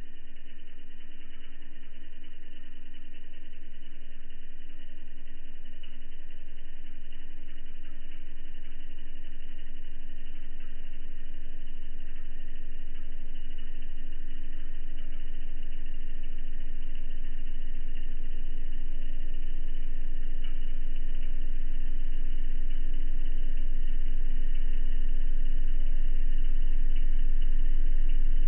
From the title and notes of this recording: ESA ESTEC Test Centre Sounds: Bepi Colombo MCS on QUAD shaker (Sine 16G). The BepiColombo Mercury Composite Spacecraft (MCS) on the QUAD shaker in the Test Centre at ESA's European Space Research and Technology Centre (ESTEC) in Noordwijk, the Netherlands. The sample is completely unedited and in its original length.